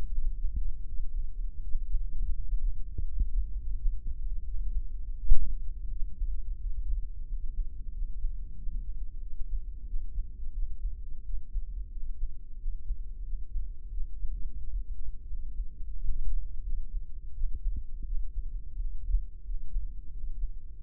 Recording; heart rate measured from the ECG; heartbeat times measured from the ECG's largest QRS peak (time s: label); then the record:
heart sounds by microphone in the left ear; 87 bpm
0.15 s: heartbeat
0.90 s: heartbeat
1.66 s: heartbeat
2.39 s: heartbeat
3.09 s: heartbeat
3.79 s: heartbeat
4.47 s: heartbeat
5.19 s: heartbeat
5.94 s: heartbeat
6.63 s: heartbeat
7.31 s: heartbeat
7.96 s: heartbeat
8.60 s: heartbeat
9.24 s: heartbeat
9.89 s: heartbeat
10.56 s: heartbeat
11.27 s: heartbeat
11.94 s: heartbeat
12.61 s: heartbeat
13.26 s: heartbeat
13.94 s: heartbeat
14.61 s: heartbeat
15.30 s: heartbeat
15.98 s: heartbeat
16.66 s: heartbeat
17.37 s: heartbeat
18.08 s: heartbeat
18.80 s: heartbeat
19.48 s: heartbeat
20.15 s: heartbeat
20.81 s: heartbeat
From the record:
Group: healthy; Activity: rest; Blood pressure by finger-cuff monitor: 140/77 mmHg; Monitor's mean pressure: 95 mmHg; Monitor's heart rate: 88 bpm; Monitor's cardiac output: 7.5 L/min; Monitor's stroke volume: 87 mL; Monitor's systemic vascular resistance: 940 dyn s/cm5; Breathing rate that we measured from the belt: 14 breaths a minute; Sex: male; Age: 21 years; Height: 175 cm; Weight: 72.6 kg